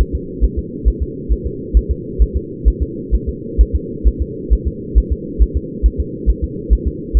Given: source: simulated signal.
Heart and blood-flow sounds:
fetal heart sounds
0.01 s: S1
0.15 s: S2
0.44 s: S1
0.59 s: S2
0.88 s: S1
1.03 s: S2
1.32 s: S1
1.47 s: S2
1.77 s: S1
1.91 s: S2
2.22 s: S1
2.36 s: S2
2.68 s: S1
2.82 s: S2
3.15 s: S1
3.29 s: S2
3.61 s: S1
3.75 s: S2
4.08 s: S1
4.22 s: S2
4.53 s: S1
4.67 s: S2
4.98 s: S1
5.12 s: S2
5.42 s: S1
5.57 s: S2
5.86 s: S1
6.00 s: S2
6.30 s: S1
6.44 s: S2
6.73 s: S1
6.88 s: S2
7.17 s: S1
From the record:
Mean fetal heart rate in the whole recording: 135 bpm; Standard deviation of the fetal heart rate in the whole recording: 3 bpm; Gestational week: 34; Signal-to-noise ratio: -4.1 dB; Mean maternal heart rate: no maternal heart sound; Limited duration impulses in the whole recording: absent

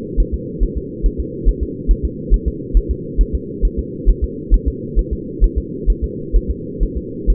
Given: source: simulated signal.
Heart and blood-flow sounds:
fetal heart sounds
0.20 s: S1
0.34 s: S2
0.63 s: S1
0.78 s: S2
1.06 s: S1
1.20 s: S2
1.49 s: S1
1.63 s: S2
1.91 s: S1
2.05 s: S2
2.34 s: S1
2.48 s: S2
2.77 s: S1
2.91 s: S2
3.21 s: S1
3.35 s: S2
3.65 s: S1
3.79 s: S2
4.09 s: S1
4.24 s: S2
4.54 s: S1
4.68 s: S2
4.99 s: S1
5.13 s: S2
5.44 s: S1
5.58 s: S2
5.90 s: S1
6.04 s: S2
6.36 s: S1
6.51 s: S2
6.83 s: S1
6.97 s: S2
7.30 s: S1
From the record:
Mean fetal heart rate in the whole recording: 135 bpm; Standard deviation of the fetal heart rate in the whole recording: 3 bpm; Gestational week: 36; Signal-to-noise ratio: -4.1 dB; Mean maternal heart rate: no maternal heart sound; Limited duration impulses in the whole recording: absent

